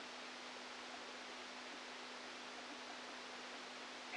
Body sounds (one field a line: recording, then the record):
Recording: brain microelectrode recording played as sound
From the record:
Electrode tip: outside the subthalamic nucleus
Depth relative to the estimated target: -8 mm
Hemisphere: left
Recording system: NeuroSet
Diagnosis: Parkinson's disease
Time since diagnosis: 13 years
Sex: male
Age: 49 years